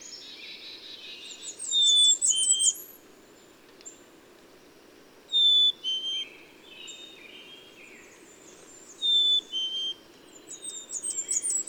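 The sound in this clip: Bird song: a high twittering trill with paired whistled notes, the whistled phrase returning about every three to four seconds, with soft chirping behind.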